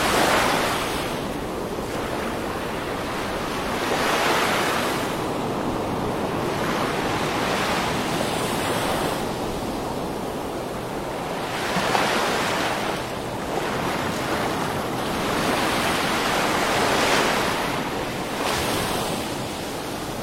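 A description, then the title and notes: Waves wash onto a beach in a steady, dense roar, with surges building and fading every few seconds, brighter hiss peaking around 4, 8, 12 and 17 seconds. A low rumble runs underneath throughout, with some wind noise against the microphone. Waves of the luxurious pink beach. Deserted archipelago.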